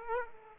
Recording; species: mosquito wingbeat signal from an infrared sensor; Aedes aegypti